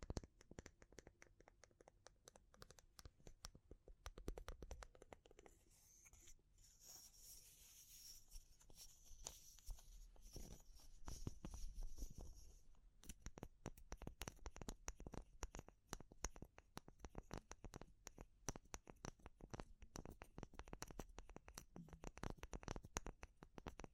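Wood, bamboo and straw being handled, giving dense, irregular clicks, taps and crackles throughout. Around 6 to 13 seconds a softer, hissy rustling takes over with fewer sharp hits, then busy tapping and scratching returns and continues to the end.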